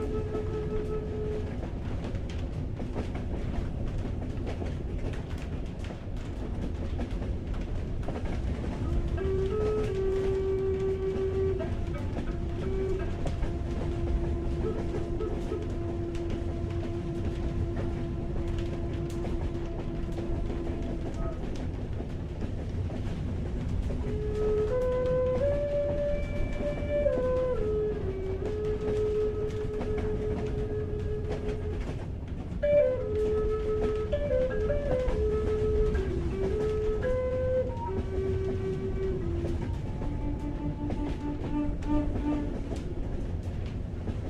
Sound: A Very Late & Rainy Night, Fall Train Ride